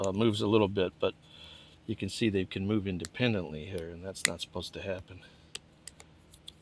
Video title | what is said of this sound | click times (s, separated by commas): Honda HS520 snowblower new OEM carburetor and governor adjustment. Diagnosis and repair 4 stroke | Just now it just went back. Something just I heard a click. | 5.6 s